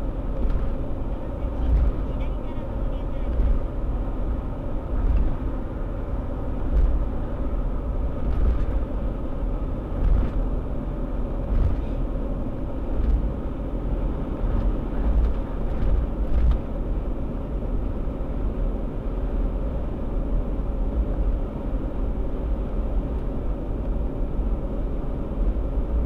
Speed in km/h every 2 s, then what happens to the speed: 86, 85, 85, 85, 85, 85, 86, 88, 88, 89, 89, 89, 89.
0-26 steady at about 86.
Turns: none.